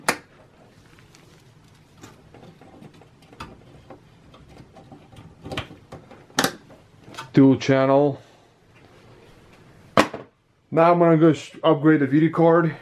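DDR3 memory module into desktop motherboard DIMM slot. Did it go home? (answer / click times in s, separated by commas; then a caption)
yes / 0.1 s, 6.4 s. A DDR3 desktop memory stick is pressed into the motherboard DIMM slot of a Dell Inspiron 660 until the plastic retaining clips snap shut, with sharp clicks at 0.1 s and 6.4 s. The two clicks mark a properly installed module, and it is seated. Someone talks over quiet handling noises.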